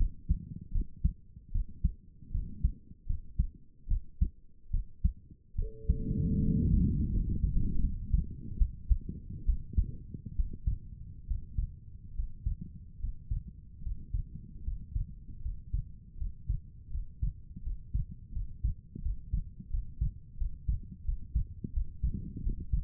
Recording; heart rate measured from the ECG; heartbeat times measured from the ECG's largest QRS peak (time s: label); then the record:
heart sounds by stethoscope; 77 bpm
0.72 s: heartbeat
1.51 s: heartbeat
2.31 s: heartbeat
3.06 s: heartbeat
3.87 s: heartbeat
4.70 s: heartbeat
5.55 s: heartbeat
6.39 s: heartbeat
7.09 s: heartbeat
7.79 s: heartbeat
8.56 s: heartbeat
9.44 s: heartbeat
10.35 s: heartbeat
11.26 s: heartbeat
12.14 s: heartbeat
12.98 s: heartbeat
13.81 s: heartbeat
14.62 s: heartbeat
15.40 s: heartbeat
16.16 s: heartbeat
16.89 s: heartbeat
17.61 s: heartbeat
18.31 s: heartbeat
19.01 s: heartbeat
19.69 s: heartbeat
20.36 s: heartbeat
21.04 s: heartbeat
21.72 s: heartbeat
22.42 s: heartbeat
From the record:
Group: healthy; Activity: rest 0-4 s, Valsalva maneuver 4-23 s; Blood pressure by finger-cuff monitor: 135/83 mmHg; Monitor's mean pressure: 99 mmHg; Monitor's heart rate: 75 bpm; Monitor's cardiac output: 5.7 L/min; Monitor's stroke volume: 72 mL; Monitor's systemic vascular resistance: 1150 dyn s/cm5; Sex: female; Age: 22 years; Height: 154 cm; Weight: 58.7 kg